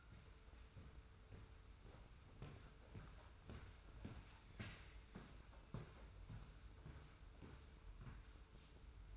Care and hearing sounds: daily activity, microphone in the room; walk to room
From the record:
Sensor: 2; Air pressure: 991.0 hPa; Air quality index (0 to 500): 111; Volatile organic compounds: 52 ppm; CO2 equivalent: 3327 ppm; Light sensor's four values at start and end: 34/102/40/38 and 34/100/39/37

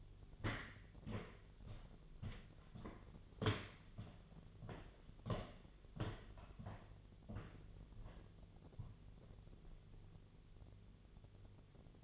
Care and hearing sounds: daily activity, microphone in the room; walk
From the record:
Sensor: 4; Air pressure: 1009.2 hPa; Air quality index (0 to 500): 169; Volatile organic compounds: 5 ppm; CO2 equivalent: 1705 ppm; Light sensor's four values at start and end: 25/76/29/28 and 25/77/29/28

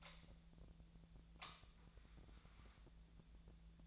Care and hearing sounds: daily activity, microphone in the room; light on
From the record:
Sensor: 3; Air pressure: 1009.8 hPa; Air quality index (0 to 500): 190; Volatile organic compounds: 14 ppm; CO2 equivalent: 2477 ppm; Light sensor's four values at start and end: 37/91/39/41 and 43/114/48/49

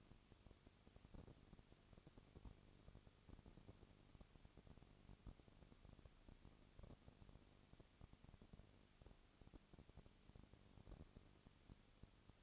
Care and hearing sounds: daily activity, microphone in the room; no activity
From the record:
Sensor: 4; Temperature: 22.3 degrees Celsius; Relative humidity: 32.7%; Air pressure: 1001.9 hPa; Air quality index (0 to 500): 186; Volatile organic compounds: 4 ppm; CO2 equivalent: 1639 ppm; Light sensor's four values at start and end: 2/3/1/1 and 2/3/1/1

